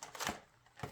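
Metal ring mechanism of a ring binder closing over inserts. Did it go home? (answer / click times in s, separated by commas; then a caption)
yes / 0.3 s. Cash envelope inserts 1 through 8 are put back on the metal rings of a budgeting binder, and the ring mechanism is closed over them. Light rustling and small taps lead into a sharp snap at 0.3 seconds as the rings click shut, followed by a quiet pause and a couple more soft taps near the end. The inserts are seated on the rings.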